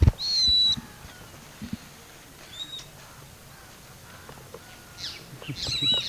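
Bird calls: high whistles at the start and again near the end, with a short faint note in between and low thumps and rustling underneath.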